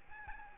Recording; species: mosquito wingbeat signal from an infrared sensor; Aedes albopictus